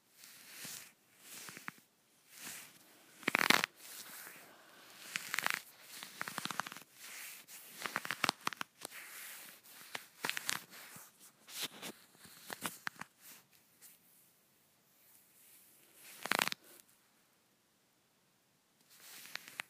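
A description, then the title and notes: Scratchy rustling of leggings fabric rubbing, in short irregular bursts of dry, hissy friction that come close together throughout. Louder, sharper scrapes stand out near 3 and 16 seconds, with brief quiet gaps between strokes. ASMR Scratchy Leggings.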